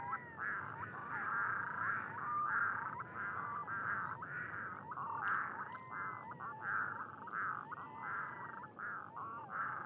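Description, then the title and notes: Ducks calling in a dense chorus of overlapping nasal, bending notes, rising and falling in a continuous jumble. Ducks with unusual calls on a pond beside a site staging scarecrows in rather gory scenes; recorded with Sonosax SXM2D2, iPhone, MS mkh30/40 in Cinela PIA2. "Canards et Chants des Sirènes. Séquence magiques de canards aux chants particulier! Cet étang est à côté d'un site très particulier qui met en scène des épouvantails dans des scènes. . plutôt gore!"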